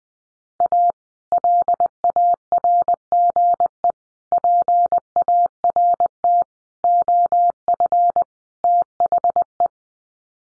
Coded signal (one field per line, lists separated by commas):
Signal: Morse code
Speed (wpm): 20 wpm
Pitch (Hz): 700 Hz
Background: none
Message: A LARGE PART OF THE